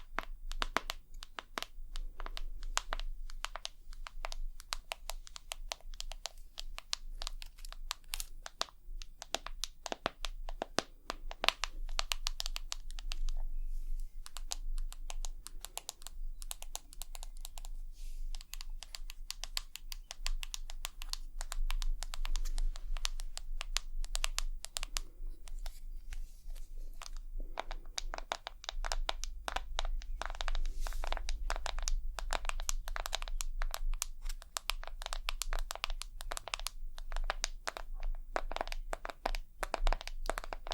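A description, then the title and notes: Rapid tapping runs through the whole clip as dense, sharp clicks, mostly bright, coming in quick uneven clusters with brief thinner stretches around 13 to 17 seconds and near 26 seconds. A low steady hum sits underneath, growing louder after about 28 seconds. ASMR 100% Tapping for Sleep & Tingles (Long Nails & No Talking).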